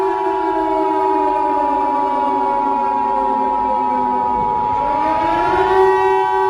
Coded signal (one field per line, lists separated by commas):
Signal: Emergency Alert System (SAME) tones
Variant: 853 and 960 Hz attention tone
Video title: EAS Scenario 11: Monsters Inc.